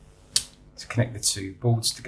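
The top circuit board of an Xbox One Controller is pressed down onto the board-to-board connector joining it to the bottom controller board, during a USB charge port replacement. A single sharp snap at 0.4 s shows the connector popping on and seating. Someone talks afterward.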